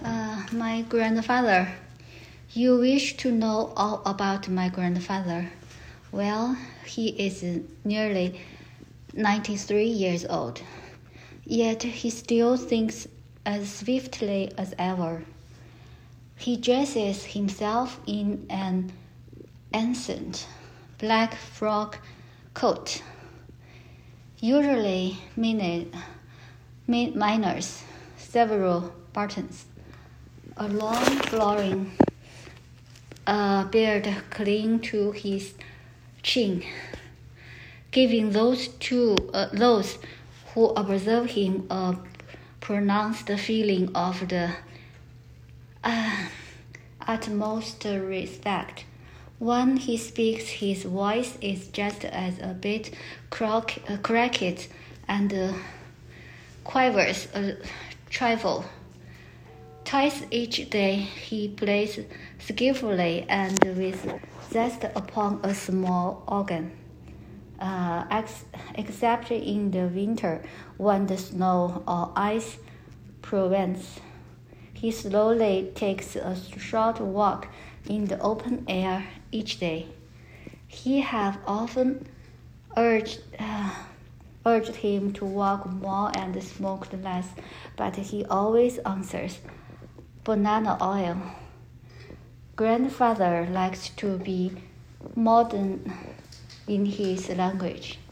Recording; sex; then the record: reading aloud after running; female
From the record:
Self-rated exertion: light exertion (2 of 6); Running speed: 6 miles an hour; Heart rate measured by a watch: 102 beats a minute at the start, 95 at the end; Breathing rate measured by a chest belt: 20 breaths a minute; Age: 53 years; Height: 159 cm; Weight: 47 kg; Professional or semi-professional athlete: no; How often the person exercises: under once a week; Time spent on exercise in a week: 1 to 2 hours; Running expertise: no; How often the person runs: under once a week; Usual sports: running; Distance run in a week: 5 miles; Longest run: 42 km